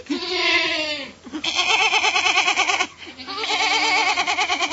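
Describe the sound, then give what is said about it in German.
A small goat, with someone climbing onto its back to ride it, bleats in three loud, wavering calls, each a high, quavering cry with a rapid vibrato, separated by brief pauses. “Das hat eine sehr lustige Sprache, so eine kleine Ziege.”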